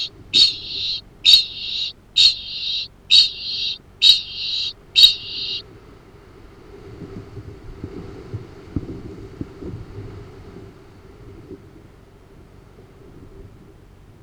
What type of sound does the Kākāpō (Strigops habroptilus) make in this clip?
ching call